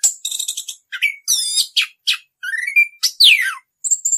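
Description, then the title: Orange-headed thrush song of rich harmonic whistles, a rising slur and a steep descending note among quick chirps. Rolling song style (ngerol), used as a master recording (masteran) for training caged birds. "Anis Kembang 9. suara anis kembang ngerol"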